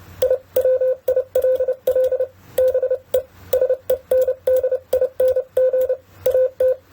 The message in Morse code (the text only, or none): I WILL BE SENDING AT